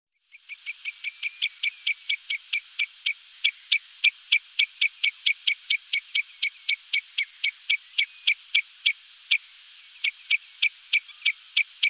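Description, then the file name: Common redshank calling in a fast, steady series of short sharp notes, about four a second for the whole stretch, over a faint even hiss. "Rodbena"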